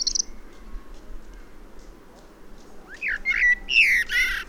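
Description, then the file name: Common blackbird: a brief high note, a few quiet seconds, then a short burst of warbled fluty notes followed by a high, scratchy twittering flourish. "Turdus merula"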